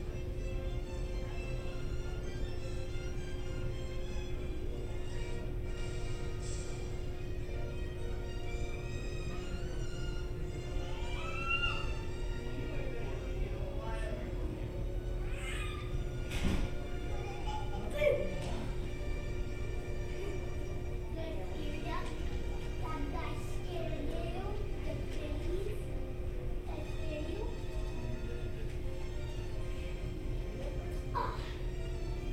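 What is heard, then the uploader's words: Hotel lobby ambience with a steady low hum and faint chatter, a sustained tone throughout, and scattered brief clinks and voices, notably near sixteen seconds. Disneyland Hotel Fantasy Tower Binaural Ambience.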